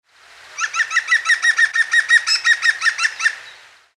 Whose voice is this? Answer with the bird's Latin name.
Picus viridis